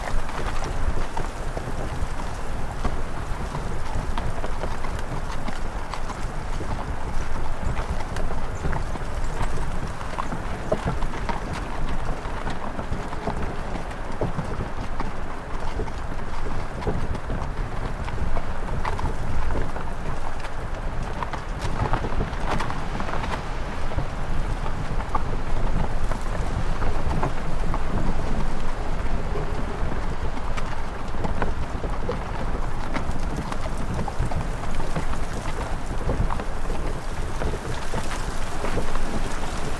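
A sleigh ride moves along at a steady pace, with a dense, unbroken rush of wind and runner noise filling the low and middle range. Faint, regular clip-clop knocks and light ticking come through the texture, which stays even throughout.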